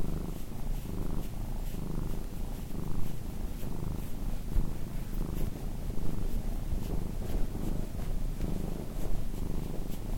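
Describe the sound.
Cat purr, a soft deep rumble in regular breathing waves.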